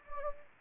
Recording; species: mosquito wingbeat signal from an infrared sensor; Anopheles gambiae